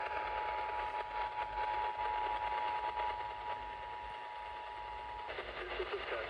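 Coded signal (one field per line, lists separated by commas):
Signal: Emergency Alert System (SAME) tones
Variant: 853 and 960 Hz attention tone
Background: speech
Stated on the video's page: Monthly EAS tests relayed in Kern and Los Angeles areas.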